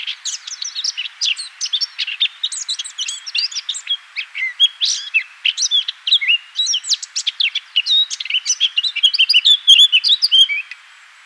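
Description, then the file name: Eurasian blackcap song, a long continuous scratchy warble of quick chattering notes mixed with clearer whistled phrases. "Sylvia atricapilla"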